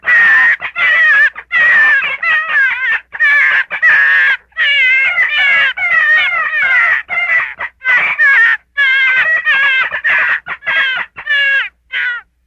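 Gray fox calling with repeated rising-and-falling whines and squeaky yelps, delivered in uneven bursts with short silences between them.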